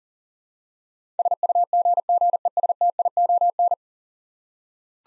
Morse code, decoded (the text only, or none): SUGGESTION